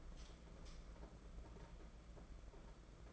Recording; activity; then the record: daily activity, microphone in the room; light on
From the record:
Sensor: 5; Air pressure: 992.1 hPa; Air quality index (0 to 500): 202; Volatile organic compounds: 1000 ppm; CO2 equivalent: 5841 ppm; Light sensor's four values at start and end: 8/19/7/8 and 8/20/8/8